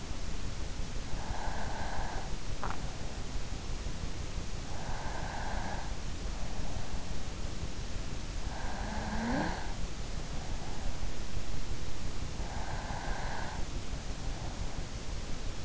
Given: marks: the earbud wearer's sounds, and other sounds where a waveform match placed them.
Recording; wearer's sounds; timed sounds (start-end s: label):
sounds in sleep by an in-ear microphone; breath
1.06-2.72 s: breath
4.78-6.04 s: breath
7.63-10.03 s: breath
12.15-13.75 s: breath